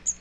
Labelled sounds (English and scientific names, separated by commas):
Magnolia Warbler (Setophaga magnolia) flight call